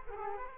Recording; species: mosquito wingbeat signal from an infrared sensor; Culex quinquefasciatus